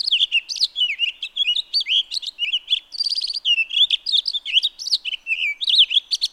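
Townsend's solitaire delivering a rich, continuous warble of high, slurred whistles and chattering trills with no gaps.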